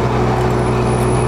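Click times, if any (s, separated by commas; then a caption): none. A truck door lock is being handled in its latch, and nothing has seated or clicked yet. A steady vehicle hum with low droning tones fills the clip, and a thin high whine appears near the end, with no sharp sounds.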